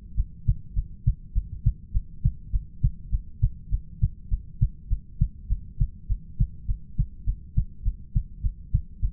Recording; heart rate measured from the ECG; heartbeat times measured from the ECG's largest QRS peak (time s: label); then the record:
heart sounds by stethoscope; 102 bpm
0.14 s: heartbeat
0.73 s: heartbeat
1.32 s: heartbeat
1.91 s: heartbeat
2.50 s: heartbeat
3.09 s: heartbeat
3.69 s: heartbeat
4.28 s: heartbeat
4.87 s: heartbeat
5.47 s: heartbeat
6.06 s: heartbeat
6.65 s: heartbeat
7.24 s: heartbeat
7.82 s: heartbeat
8.41 s: heartbeat
8.99 s: heartbeat
From the record:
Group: heart failure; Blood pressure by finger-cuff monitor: 62/48 mmHg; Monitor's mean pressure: 52 mmHg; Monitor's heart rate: 101 bpm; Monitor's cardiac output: 6.7 L/min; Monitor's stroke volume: 67 mL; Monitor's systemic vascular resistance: 530 dyn s/cm5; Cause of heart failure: ischemic heart disease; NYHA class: 1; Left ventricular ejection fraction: 38%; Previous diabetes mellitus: present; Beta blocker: bisoprolol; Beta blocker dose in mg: 15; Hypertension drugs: sacubitril-valsartan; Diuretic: furosemide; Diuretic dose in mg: 20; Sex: male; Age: 33 years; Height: 172 cm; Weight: 78.5 kg